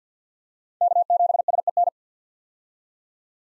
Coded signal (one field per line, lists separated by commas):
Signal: Morse code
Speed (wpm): 45 wpm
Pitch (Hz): 700 Hz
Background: none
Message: K7SEN